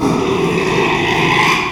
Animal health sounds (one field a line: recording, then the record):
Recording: squeal of a Yucatan mini pig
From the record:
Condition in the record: after surgery on the right vocal fold (resection and tissue-engineered implant)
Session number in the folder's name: 1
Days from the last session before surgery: 6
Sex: male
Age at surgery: 12 weeks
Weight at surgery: 13 kg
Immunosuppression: cyclosporine, prednisolone